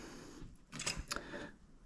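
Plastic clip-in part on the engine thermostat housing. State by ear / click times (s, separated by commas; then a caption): seated / 1.1 s, 1.2 s. While refitting the thermostat on the diesel engine of a Peugeot 307 CC 2.0 HDi, a plastic clip-in part on the thermostat housing is pressed into place, with a couple of dull knocks around 0.8 and 0.9 s. It then snaps in with two sharp clicks at 1.1 and 1.2 s. The part is seated but still a little loose and cannot be pushed any further.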